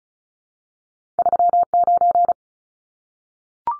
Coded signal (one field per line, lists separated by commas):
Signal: Morse code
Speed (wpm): 34 wpm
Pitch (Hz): 700 Hz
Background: none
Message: 39